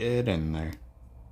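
Someone talks while pushing a plastic LEGO building brick into a model, with the voice ending around 0.8 s and only faint low background sound after. The piece is being handled and nothing has seated or clicked yet.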